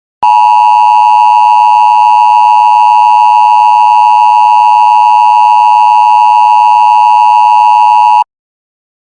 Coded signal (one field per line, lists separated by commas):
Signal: Emergency Alert System (SAME) tones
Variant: 853 and 960 Hz attention tone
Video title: eas thing